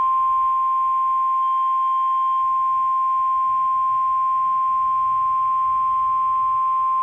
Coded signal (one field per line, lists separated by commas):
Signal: Emergency Alert System (SAME) tones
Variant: 1050 Hz attention tone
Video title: Double header EAS Severe Thunderstorm warning! #shorts